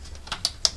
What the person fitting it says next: So that's now locked, and I can now slide it along.